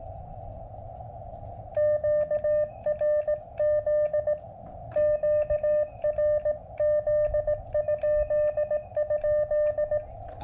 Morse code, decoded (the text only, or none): QRZ QRZ??